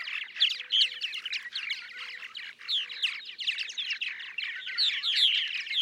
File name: Purple Martin